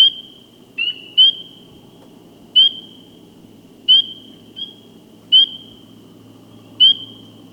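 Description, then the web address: Spring peeper calling with single high, clear, rising peeps at irregular intervals, over a soft low rumble of background noise. "frog calls spring peeper"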